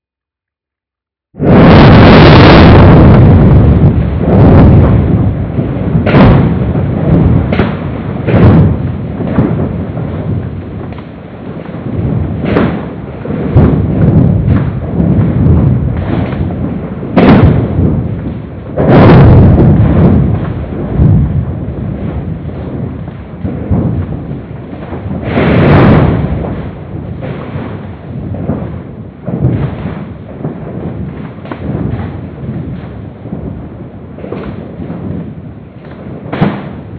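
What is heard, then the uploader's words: A deep, continuous rumble of moving earth starts abruptly after a second of silence and carries on to the end. It is dense, with repeated heavy thuds and cracking bursts every second or two, loudest near the start and around twenty-five seconds. Sound of the Moving Earth. The audio was generate by processing seismic data.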